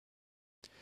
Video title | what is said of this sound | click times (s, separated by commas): IKEA PAX Wardrobe Assembly with IKEA HASVIK Sliding Doors | nice feeling, when it clicks in place. | 0.7 s